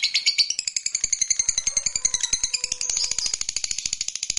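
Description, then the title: Lovebird giving rapid, rattling high chatter, pulses packed tightly. "Suara Lovebird"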